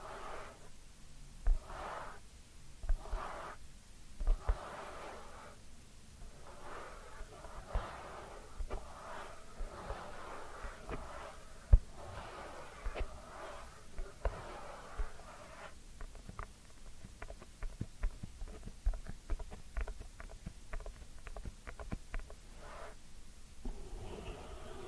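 Ear cleaning sounds: soft rubbing and scratching in bursts with short pauses between them, then quicker, denser scratching with frequent sharp clicks from about fifteen seconds on. A few louder taps stand out early, and a low rumble runs underneath throughout.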